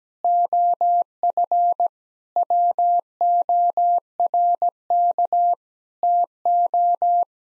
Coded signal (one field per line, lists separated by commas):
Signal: Morse code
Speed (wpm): 17 wpm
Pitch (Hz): 700 Hz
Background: none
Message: OF WORK TO